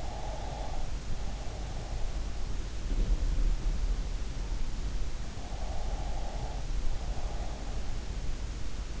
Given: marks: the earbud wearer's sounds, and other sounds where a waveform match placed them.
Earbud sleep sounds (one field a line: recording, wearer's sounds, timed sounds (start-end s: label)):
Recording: sounds in sleep by an in-ear microphone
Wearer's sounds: breath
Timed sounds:
0.00-1.98 s: breath
5.63-7.67 s: breath